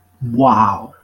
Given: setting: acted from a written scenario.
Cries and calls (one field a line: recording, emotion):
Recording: vocal sound without words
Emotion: contempt